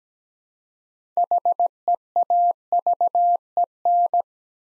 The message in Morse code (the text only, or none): HEAVEN